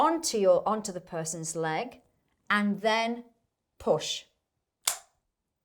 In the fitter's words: You hear the click. That is a needle gone into the person.